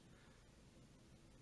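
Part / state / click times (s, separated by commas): plastic body section of a transforming robot toy folding into its locked position / not seated / none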